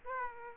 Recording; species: mosquito wingbeat signal from an infrared sensor; Aedes aegypti